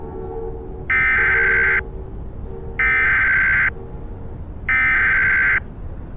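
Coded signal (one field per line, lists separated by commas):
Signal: Emergency Alert System (SAME) tones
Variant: header bursts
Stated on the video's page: Fictional EAS scenario (simulated) about a worldwide tsunami.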